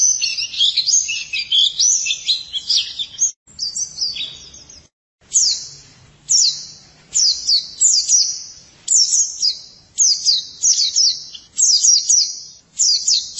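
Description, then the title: White-eye song: an opening run of high, rapid twittering notes lasting about three and a half seconds, then short bursts repeated after brief pauses. "Kicauan Burung Pleci Durasi Panjang"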